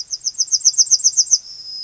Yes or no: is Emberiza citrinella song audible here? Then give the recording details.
yes. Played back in grassland. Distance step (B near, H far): B. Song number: 013